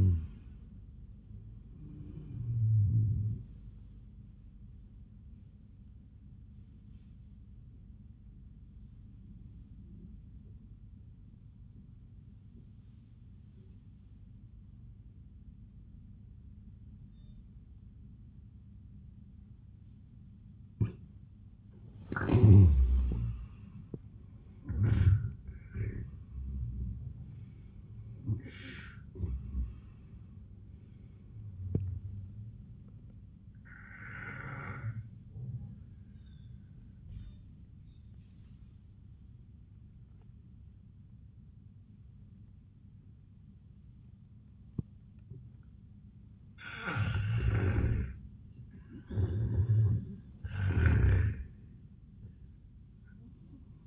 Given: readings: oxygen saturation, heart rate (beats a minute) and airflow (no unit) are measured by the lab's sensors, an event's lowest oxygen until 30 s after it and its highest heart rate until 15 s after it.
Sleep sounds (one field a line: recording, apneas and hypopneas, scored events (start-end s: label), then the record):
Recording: breathing in sleep by a smartphone at the bedside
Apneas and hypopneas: 2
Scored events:
8.00-23.00 s: obstructive apnea (N1, oxygen 95% highest, then 81% lowest)
36.00-47.90 s: obstructive apnea (N1, oxygen 96% highest, then 85% lowest)
From the record:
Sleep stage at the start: N1 (lightest sleep)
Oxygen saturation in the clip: 81 to 96%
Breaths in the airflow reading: 7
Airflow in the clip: -22.3 to 22.9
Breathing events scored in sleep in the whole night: 400 in 8.7 hours asleep